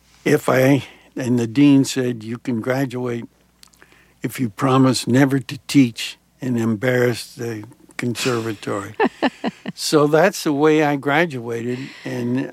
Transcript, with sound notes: and the dean said you can graduate if you promise never to teach and embarrass the conservatory.
(LAUGHTER)
So that's the way I graduated,